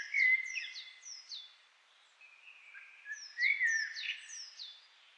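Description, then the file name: Common blackbird mellow fluted phrases at start and middle, each mixed with runs of high, quick, downslurred squeaky notes. "Turdus merula"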